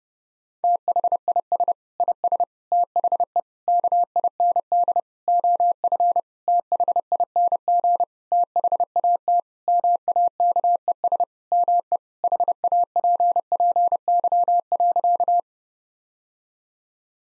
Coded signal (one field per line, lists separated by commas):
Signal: Morse code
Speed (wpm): 32 wpm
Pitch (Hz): 700 Hz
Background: none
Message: THIS IS THE KIND OF THING THAT MAKES ME HAPPY.